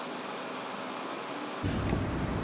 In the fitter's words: There we go. There we go. The final snap. Ring is in the groove.